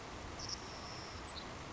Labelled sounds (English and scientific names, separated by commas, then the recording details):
Savannah Sparrow (Passerculus sandwichensis)
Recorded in Sonoma County, California